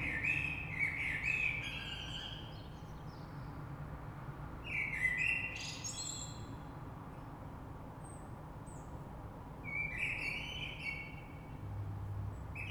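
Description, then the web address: Common blackbird song: three warbled phrases about every four to five seconds, each a mellow fluty start ending in high squeaky twitters, low rumble beneath. Recorded 3 March 2020. "oiseaux Rush Merle 3-3-2020"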